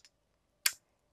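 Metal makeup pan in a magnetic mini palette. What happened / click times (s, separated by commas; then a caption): The small metal pan popped free of its magnetic seat / 0.7 s. A metal makeup pan, held by a small magnet in the bottom of a mini palette, is levered out using the little edge. A faint tick at 0.0 s is followed by one sharp snap at 0.7 s as the pan pops out. The pan is released from the palette.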